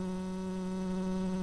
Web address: Hypnorum workers